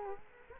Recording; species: mosquito wingbeat signal from an infrared sensor; Culex quinquefasciatus